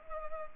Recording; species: mosquito wingbeat signal from an infrared sensor; Culex pipiens